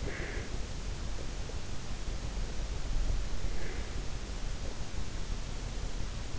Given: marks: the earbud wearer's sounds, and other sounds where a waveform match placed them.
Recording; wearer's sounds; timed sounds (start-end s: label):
sounds in sleep by an in-ear microphone; breath
0.00-0.69 s: breath
3.38-4.26 s: breath